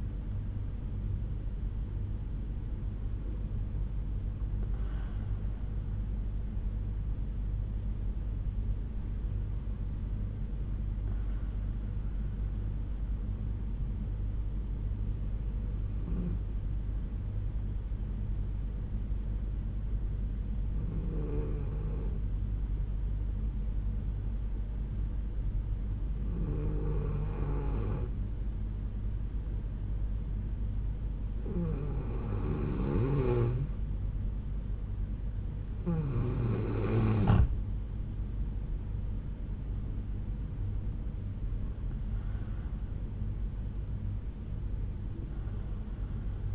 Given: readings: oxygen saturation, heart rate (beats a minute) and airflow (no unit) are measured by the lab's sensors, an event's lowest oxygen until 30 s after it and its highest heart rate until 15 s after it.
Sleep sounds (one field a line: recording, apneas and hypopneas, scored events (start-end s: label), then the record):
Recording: breathing in sleep by a smartphone at the bedside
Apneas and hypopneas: 1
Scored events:
13.00-36.20 s: hypopnea (N2, oxygen 96% highest, then 89% lowest, heart rate 62 at the start, 71 highest)
28.00-46.55 s: new sleep stage, N1 (lightest sleep)
From the record:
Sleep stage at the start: N2 (light sleep)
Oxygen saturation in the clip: 90 to 96%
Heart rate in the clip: 60 to 71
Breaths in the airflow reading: 9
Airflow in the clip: -6.7 to 8.0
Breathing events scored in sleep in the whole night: 368 in 8.0 hours asleep